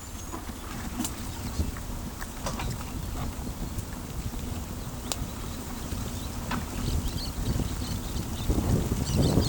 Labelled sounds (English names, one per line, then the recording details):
Orange-chinned Parakeet
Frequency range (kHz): Orange-chinned Parakeet 2.6-10.2 kHz
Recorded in pastures near Pivijay, Magdalena, Colombia, on 1 June 2023 at 11:30
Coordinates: 10.456, -74.369
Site P6-G026